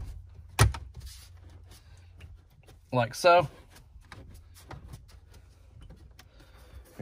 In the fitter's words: start at the bottom it of course will snap it back together like so